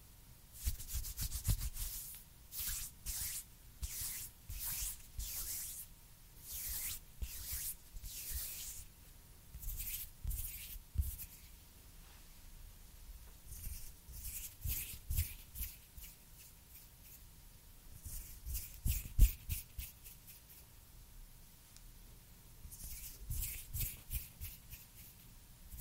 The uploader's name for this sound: Crispy And Soft Hand Sounds